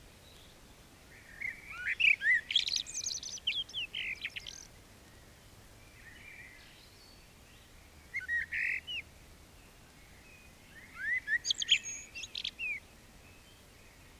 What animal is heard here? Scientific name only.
Turdus merula